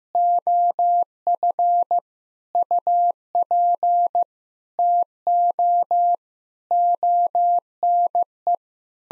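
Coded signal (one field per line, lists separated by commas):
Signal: Morse code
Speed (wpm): 16 wpm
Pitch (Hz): 700 Hz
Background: none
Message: OF UP TO ONE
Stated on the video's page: Sentence-copying drill of common nine-word phrases at 15 wpm, first words spoken, each sentence sent in Morse, then spoken, then sent again.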